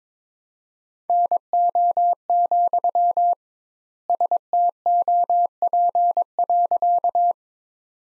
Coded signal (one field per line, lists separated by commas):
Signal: Morse code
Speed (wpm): 22 wpm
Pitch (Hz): 700 Hz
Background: none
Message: NO, STOP.